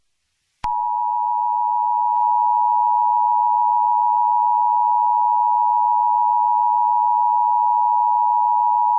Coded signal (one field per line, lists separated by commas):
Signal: Emergency Alert System (SAME) tones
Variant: 853 and 960 Hz attention tone